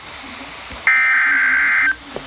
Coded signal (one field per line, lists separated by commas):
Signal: Emergency Alert System (SAME) tones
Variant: header bursts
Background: speech